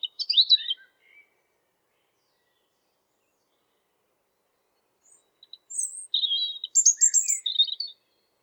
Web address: geluiden roodborst zang